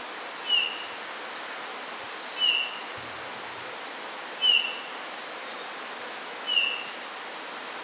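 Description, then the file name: Eurasian bullfinch calls: four mellow, brief descending piping notes spaced about two seconds apart, against constant hiss. "Pyrrhula pyrrhula"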